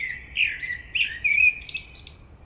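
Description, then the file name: Common blackbird singing one flowing phrase of low, mellow warbled notes that slide up and down, ending in a brief high, scratchy twitter. "Turdus merula"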